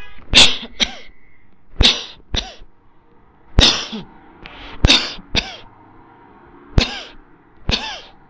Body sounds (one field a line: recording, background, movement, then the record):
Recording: voluntary coughing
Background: traffic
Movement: sitting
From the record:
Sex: male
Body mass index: 20.6 kg/m2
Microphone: on the chest, facing the body